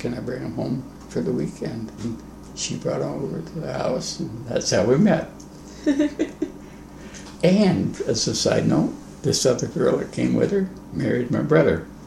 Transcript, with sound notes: can I bring them home for the weekend?" And she brought her over to the house, and that's how we met. [Laughs.] And as a side note, this other girl that came with her married my brother.